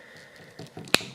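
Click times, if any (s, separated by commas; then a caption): 0.9 s. A swappable plastic happy-expression face is pressed with a little force onto the head of an Aang action figure from Avatar: The Last Airbender. A few faint handling taps come at about 0.6 s and 0.9 s. The face then snaps into place with a sharp, bright click at 0.9 s, and the click is the loudest sound in the clip.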